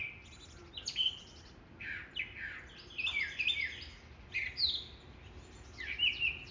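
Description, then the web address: Mockingbird song with bright whistled notes, down-slurs and short buzzy bursts, delivered in quick varied phrases against a low steady hiss. "hermanr. Mocking Bird"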